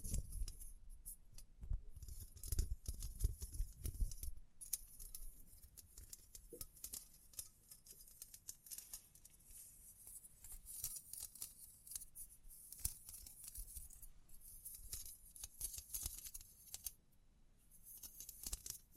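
Dense tapping, scratching and brushing fill the whole stretch as quick, irregular clicks and crisp rustles with a bright hiss on top. A low rumbling thump underlies the first five seconds, then the sound thins to lighter, steadier scratchy strokes with occasional sharper snips.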